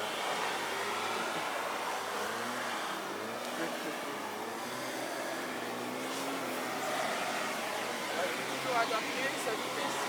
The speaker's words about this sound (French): Donc là, on va ici, là on va laisser y aller le camion, on va repartir sur notre chemin.